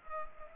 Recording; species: mosquito wingbeat signal from an infrared sensor; Culex pipiens